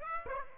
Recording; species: mosquito wingbeat signal from an infrared sensor; Aedes aegypti